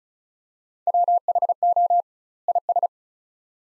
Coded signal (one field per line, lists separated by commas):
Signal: Morse code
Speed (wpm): 34 wpm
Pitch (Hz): 700 Hz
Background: none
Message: WHO IS